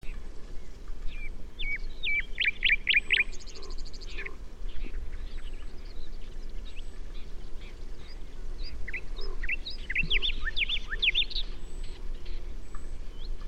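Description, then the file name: Common nightingale singing two bursts of quick sharp notes several seconds apart, the first with a brief buzzy trill, over steady background noise. "Luscinia megarhynchos"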